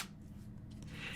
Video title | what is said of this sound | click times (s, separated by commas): Poetic Galaxy S23 Plus Case Lineup | it easily stows away with a little click | 0.8 s